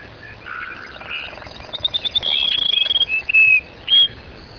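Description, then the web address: Cassin's sparrow song: soft low notes, then a high, fast trill, followed by two short, separate whistled notes. "Webb audio Cassin's Sparrow"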